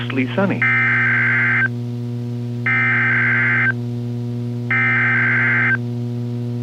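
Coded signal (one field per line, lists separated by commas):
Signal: Emergency Alert System (SAME) tones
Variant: header bursts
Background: speech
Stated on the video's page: NOAA Weather Radio special weather statement for fog and a required weekly test on WXK26.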